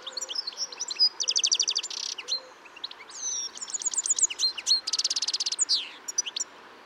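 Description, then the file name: European goldfinch calls and twitters, a busy mix of liquid notes, fast buzzy trills and quick chirps over a light background hiss. "Carduelis carduelis"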